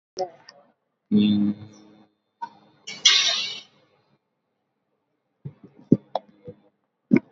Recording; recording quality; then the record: sustained vowel as in beet; poor, much background noise or distortion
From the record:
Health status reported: COVID-19 positive, mild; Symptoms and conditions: sore throat, fever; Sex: male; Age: 25 years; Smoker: not ticked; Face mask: worn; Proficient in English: yes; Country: India